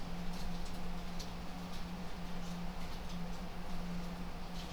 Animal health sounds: poultry house recording; no chicken sound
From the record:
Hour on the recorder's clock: 22

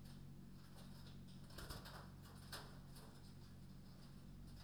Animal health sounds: poultry house recording; no chicken sound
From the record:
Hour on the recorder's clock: 22

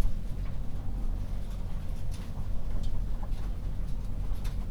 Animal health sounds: poultry house recording; healthy chickens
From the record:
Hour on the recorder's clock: 0

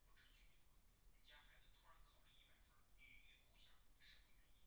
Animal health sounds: poultry house recording; no chicken sound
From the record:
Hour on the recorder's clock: 9

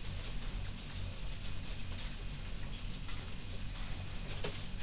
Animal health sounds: poultry house recording; no chicken sound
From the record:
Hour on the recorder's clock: 0

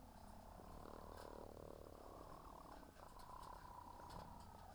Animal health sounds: poultry house recording; sick chickens (respiratory disease)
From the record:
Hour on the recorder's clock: 16

